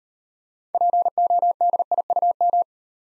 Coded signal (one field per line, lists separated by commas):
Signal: Morse code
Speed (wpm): 35 wpm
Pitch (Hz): 700 Hz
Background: none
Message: PODIUM